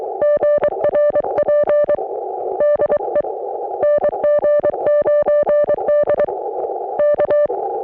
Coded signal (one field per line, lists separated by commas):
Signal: Morse code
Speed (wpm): 21 wpm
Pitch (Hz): 560 Hz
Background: none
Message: GRP DE NG9D K